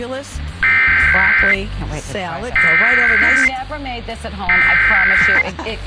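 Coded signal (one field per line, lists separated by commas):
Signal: Emergency Alert System (SAME) tones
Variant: header bursts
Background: speech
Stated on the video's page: Required Monthly Test on WVRA-AM received via a KiwiSDR, with WVEC stream audio overlapping.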